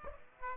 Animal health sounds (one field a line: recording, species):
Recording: mosquito wingbeat signal from an infrared sensor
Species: Aedes aegypti